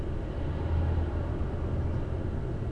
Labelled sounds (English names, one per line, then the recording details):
none
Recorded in Germany
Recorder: ecoPi